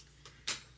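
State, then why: Seated. A plastic component is clipped onto the body of a Momcozy S12 Pro wearable breast pump. A faint tick comes at 0.3 s, then a sharp, bright snap at 0.5 s as the part pops into place. The part is seated.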